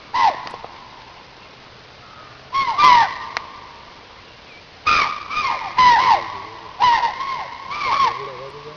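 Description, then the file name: Chital calling in clusters of quick, shrill, falling barks after an opening call and pause, several coming close together toward the end. "spotted deer"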